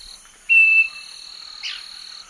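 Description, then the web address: Southern nightingale-wren giving one clear, level whistled note, with a steady high insect tone running through the background. Eastern Lowlands, South America. "Natures Songs S America Eastern Lowlands 488 Southern Nightingale-Wren"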